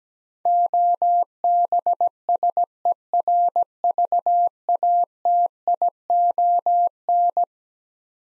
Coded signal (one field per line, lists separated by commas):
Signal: Morse code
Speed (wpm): 17 wpm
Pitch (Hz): 700 Hz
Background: none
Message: OBSERVATION